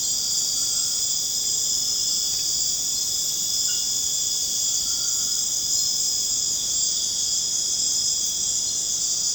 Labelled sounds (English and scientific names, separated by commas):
none